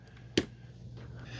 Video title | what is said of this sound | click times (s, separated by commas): Mova P10 Pro Ultra Robot Vacuum How To Clean / Maintenance Replace Dust Bag, Filters Mop Pads Brush | All right. Dust bin is installed. Make sure it clicks. | 0.4 s